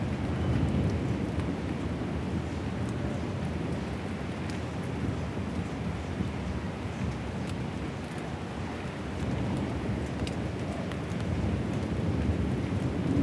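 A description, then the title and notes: Heavy rain pours down in a steady, dense wash with a deep low rumble running underneath throughout. Faint sharper ticks and patters scatter across the top at irregular moments, while the overall level stays nearly constant, dipping slightly around the eighth second. Heavy storm ambience.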